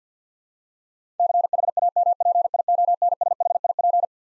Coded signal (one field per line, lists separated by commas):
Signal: Morse code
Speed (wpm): 50 wpm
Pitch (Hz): 700 Hz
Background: none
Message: CHAMPIONSHIP